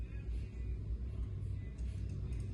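A plastic RJ45 network plug is being handled on a LAN cable with a crimping tool, with a steady low rumble and faint hum running through the clip. Nothing has seated or clicked yet.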